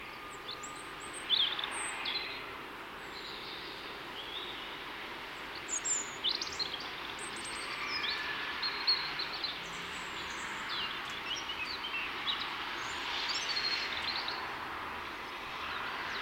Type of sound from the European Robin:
song